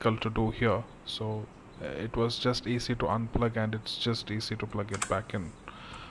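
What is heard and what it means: Someone talks while handling the SATA drive cable connector as it is plugged into a 2.5-inch SSD inside an HP laptop. The clip ends just before the connector goes home, so nothing has seated or clicked yet.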